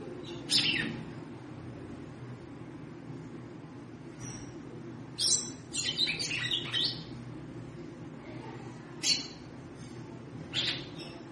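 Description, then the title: Red-cowled cardinal chirping: a sharp chip, then a rapid twittering burst of several notes midway, followed by scattered single chips, over a low hum. Female bird, described as trilling ('triculando') and 'batendo fogo', apparently to stimulate or excite the male. "Canto Galo Campina Fêmea. Fêmea de GALO DE CAMPINA - TRICULANDO,BATENDO FOGO PRA ESQUENTAR O MACHO??"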